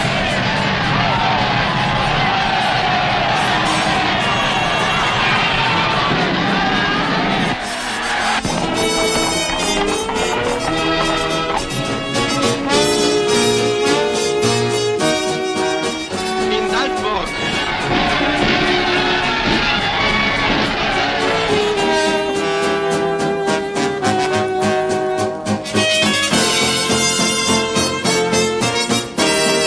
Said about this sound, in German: In wunderbarem Schwung hat das deutsche Volk in Österreich sich in dieser Stunde erhoben und zu seinem Deutschtum bekannt. Ein Jubel! Wie die Welt vielleicht noch nie erlebt hat, durchtobt heute das deutsche Österreich.